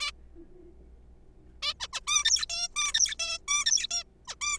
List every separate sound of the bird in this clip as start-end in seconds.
0.01-0.11, 1.62-1.73, 1.80-1.88, 1.93-2.00, 2.07-2.24, 2.25-2.46, 2.50-2.68, 2.76-2.93, 2.94-3.15, 3.20-3.38, 3.48-3.65, 3.66-3.87, 3.91-4.03, 4.28-4.35, 4.41-4.58